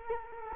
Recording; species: mosquito wingbeat signal from an infrared sensor; Culex quinquefasciatus